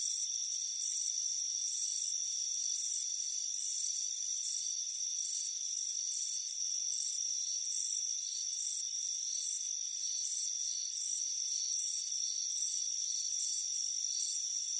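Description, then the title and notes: Dense cricket chorus of high pulsed chirps, uneven and overlapping, over a steady background of shrill insect tones. Crickets chirping on a warm afternoon by a front porch. "Soothing Crickets Chirping Sound. It's a warm afternoon as you relax in a hammock on the front porch. Relax and fall asleep to the soothing sound of chirping crickets. Deep Sleep Sounds"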